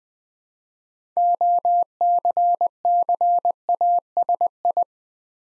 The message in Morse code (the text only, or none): OCCASI